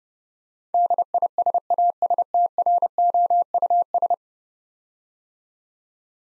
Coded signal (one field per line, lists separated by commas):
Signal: Morse code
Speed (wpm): 31 wpm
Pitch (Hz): 700 Hz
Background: none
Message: DISASTROUS